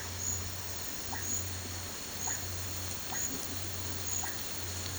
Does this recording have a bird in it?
no